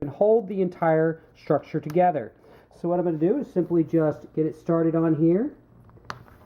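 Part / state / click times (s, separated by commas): acrylic cover onto plastic LED strip holder channel / seated / 6.1 s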